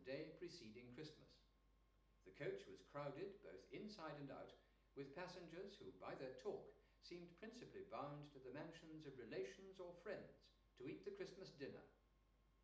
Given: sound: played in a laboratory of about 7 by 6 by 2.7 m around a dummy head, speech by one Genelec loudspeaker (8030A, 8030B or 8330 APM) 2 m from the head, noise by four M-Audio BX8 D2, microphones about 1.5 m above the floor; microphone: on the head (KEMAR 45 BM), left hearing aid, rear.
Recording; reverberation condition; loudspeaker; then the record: male speech in English; medium; 60 degrees to the left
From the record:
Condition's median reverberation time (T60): about 510 ms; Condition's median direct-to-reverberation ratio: about -0.5 dB